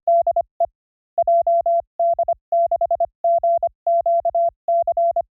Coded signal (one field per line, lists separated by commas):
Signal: Morse code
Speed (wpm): 26 wpm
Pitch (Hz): 680 Hz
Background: none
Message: DE JD6GQC